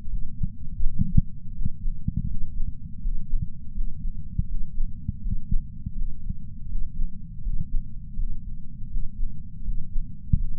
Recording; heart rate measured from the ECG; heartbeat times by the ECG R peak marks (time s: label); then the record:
heart sounds by patch sensor on the chest; 82 bpm
0.08 s: heartbeat
0.81 s: heartbeat
1.54 s: heartbeat
2.27 s: heartbeat
3.00 s: heartbeat
3.73 s: heartbeat
4.47 s: heartbeat
5.21 s: heartbeat
5.94 s: heartbeat
6.68 s: heartbeat
7.41 s: heartbeat
8.16 s: heartbeat
8.89 s: heartbeat
9.63 s: heartbeat
10.37 s: heartbeat
From the record:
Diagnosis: coronary artery disease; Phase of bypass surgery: postoperative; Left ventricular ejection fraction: 59.1%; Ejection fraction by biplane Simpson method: 55%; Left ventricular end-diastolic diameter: 46 mm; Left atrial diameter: 34 mm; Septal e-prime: 8 cm/s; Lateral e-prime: 6.5 cm/s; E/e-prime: 8.7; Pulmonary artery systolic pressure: 22 mmHg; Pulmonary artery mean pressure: 11 mmHg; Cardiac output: 4.38 L/min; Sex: male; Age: 58 years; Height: 160 cm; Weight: 70 kg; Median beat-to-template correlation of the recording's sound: 0.85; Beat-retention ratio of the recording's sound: 0.99